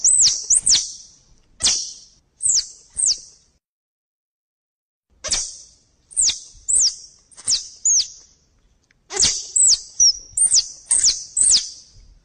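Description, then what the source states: Squirrel chirping calls: high, sharp downward-sweeping chirps in irregular groups separated by pauses. Thailand.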